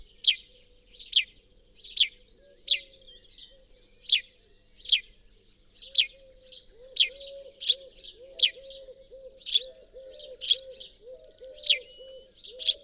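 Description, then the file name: House sparrow calls, loud clipped chirps spaced under a second apart, steady and persistent, with a faint low wavering tone in the background. "Passer domesticus"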